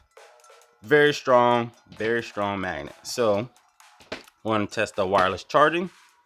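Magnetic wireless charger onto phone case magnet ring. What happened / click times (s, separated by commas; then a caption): Handled, no seating click yet / none. A MagSafe-style wireless charging puck is brought toward the magnet ring on the back of an iPhone 13 Pro Max in a MagSafe-compatible Spigen Ultra Hybrid Mag plastic case. Someone talks over background music, with a few faint handling taps around 3.8 to 4.3 seconds. The charger has not snapped on or seated yet when the clip ends.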